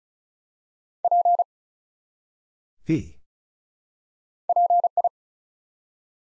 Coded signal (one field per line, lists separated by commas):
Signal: Morse code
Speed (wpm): 36 wpm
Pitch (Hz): 700 Hz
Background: none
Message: P PI